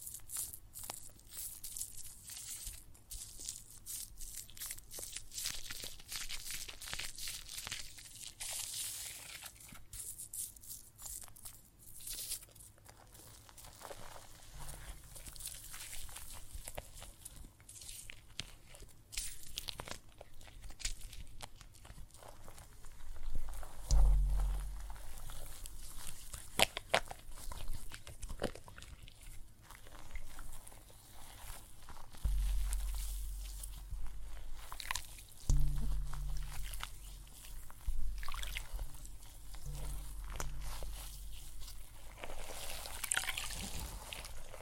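Wet crackling and fizzing of water and soap foam, a dense, irregular patter of tiny pops and crinkles that continues throughout. Sharper bursts come around 24, 32 and 36 seconds, with short low thumps underneath, and the sound eases toward the end.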